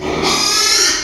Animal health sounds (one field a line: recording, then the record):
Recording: squeal of a Yucatan mini pig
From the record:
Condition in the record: after surgery on the right vocal fold (resection and tissue-engineered implant)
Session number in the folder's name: 2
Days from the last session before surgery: 13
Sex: male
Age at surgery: 12 weeks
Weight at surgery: 13 kg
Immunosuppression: cyclosporine, prednisolone